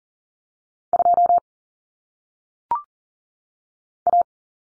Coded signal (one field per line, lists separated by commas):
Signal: Morse code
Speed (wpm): 40 wpm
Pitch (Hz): 700 Hz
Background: none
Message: 2 A